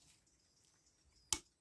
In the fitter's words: There we go, that snapped back into place well.